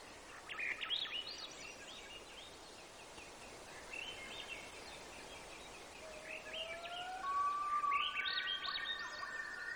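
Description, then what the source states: Birds singing together: chirpy trilled phrases overlap, then long clear whistled notes and a rising whistle slide in the second half, over steady background hiss. Gates of the Arctic, Alaska; 18 June 2018, 05:30.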